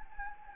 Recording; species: mosquito wingbeat signal from an infrared sensor; Anopheles gambiae